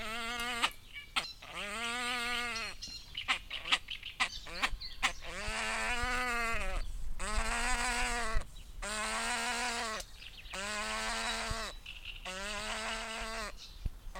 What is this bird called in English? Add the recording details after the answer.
Great Crested Grebe. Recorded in the wild. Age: adult. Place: Zeuthener See, Berlin, DE. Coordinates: 52.35, 13.64. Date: 1993-05-23. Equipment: Uher 4400 Report Monitor, Sennheiser ME 80, K 30 AV. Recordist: Fischer, Stefan